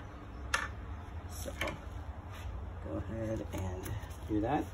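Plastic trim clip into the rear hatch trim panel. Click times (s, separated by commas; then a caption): 0.5 s. A second plastic retaining clip is pushed into the rear hatch trim panel of a 2008 Porsche Cayenne S during an LED reverse bulb replacement. A single sharp snap is heard at 0.5 s as the clip seats, followed by someone talking over a low background hum.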